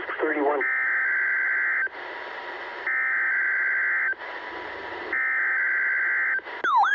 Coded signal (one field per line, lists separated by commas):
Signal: Emergency Alert System (SAME) tones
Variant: header bursts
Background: speech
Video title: EAS #550-551: Required Weekly Test